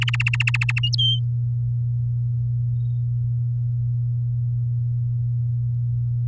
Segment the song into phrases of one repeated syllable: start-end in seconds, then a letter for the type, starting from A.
0.01-0.80 A, 0.98-1.19 B